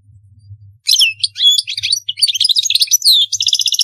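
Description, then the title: European goldfinch song: a rapid, tinkling jumble of high twittering notes and liquid trills after a quiet start, with a faint low hum underneath. "Chant Chardonneret"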